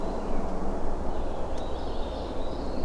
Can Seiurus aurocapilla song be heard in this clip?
no